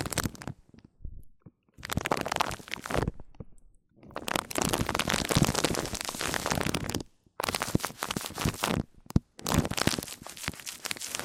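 Mic-on-mic triggers: rough rubbing and scratching against the microphone comes in bursts separated by near-silent gaps. Short strokes open the first two seconds, then longer, dense stretches of scraping run from about 4 to 7 seconds and again from 7.5 to 11 seconds, with a sharp tap near 9 seconds.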